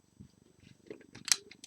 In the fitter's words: donc ça on l'accroche pile au dessus à ce niveau-là comme PZ voir ça s'enclenche sans problème voilà